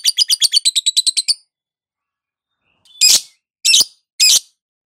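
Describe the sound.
Lovebird calling: a quick burst of about a dozen high, rapid chirps, a pause, then three loud, harsh, separated squawks.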